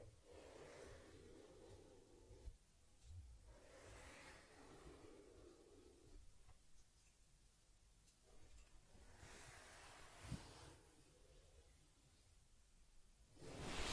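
Teddy's ear cleaning brings soft, repeated rubbing and swishing strokes in slow waves, with a few small taps and a brighter scrape at the end.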